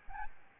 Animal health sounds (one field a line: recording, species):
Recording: mosquito wingbeat signal from an infrared sensor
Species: Aedes albopictus